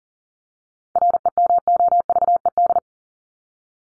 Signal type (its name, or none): Morse code